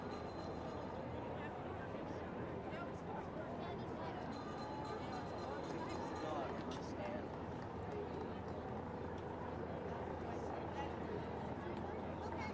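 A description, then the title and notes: A women's march, a dense, steady wash of many voices talking over one another with no single speaker standing out. A low rumble runs underneath throughout, like traffic or an engine overhead, and the level stays even for the whole stretch. WOMXNS MARCH.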